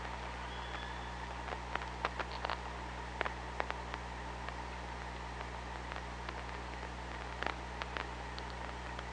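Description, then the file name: Killer whale sounds underwater, a brief thin tonal call early on, then repeated sharp clicks throughout, set against constant low mechanical hum and hiss. Hydrophone recording made 24 August 2017 at 06:16. "Orca Lab"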